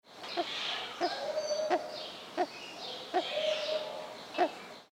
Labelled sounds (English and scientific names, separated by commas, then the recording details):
Kagu (Rhynochetos jubatus)
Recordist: Tembrock, Günter
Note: Lautfolge